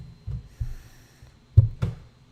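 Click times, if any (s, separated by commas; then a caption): 1.8 s. A plastic LEGO piece is slotted into an opening at the front of the dining hall section of a model wall. Soft low handling bumps come at about 0.3 and 0.6 seconds, then a sharp knock at 1.6 seconds, and the piece clicks home at 1.8 seconds with a bright, crisp snap. The piece is seated.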